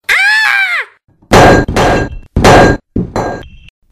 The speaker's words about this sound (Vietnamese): Nương theo tiếng thét chói tai của cô ấy, còn có tiếng loảng xoảng của đồ vật.